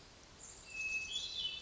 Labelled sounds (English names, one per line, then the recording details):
Hermit Thrush
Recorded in Sonoma County, California